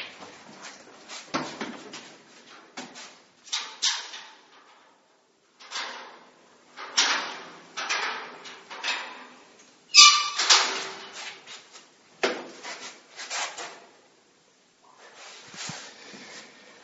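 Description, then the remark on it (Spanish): A door is worked open through a series of scraping, rattling bursts with short pauses between, punctuated by one sharp knock-like click partway through, with no voices. “Pues abre primero, ¿sí?, la puerta.”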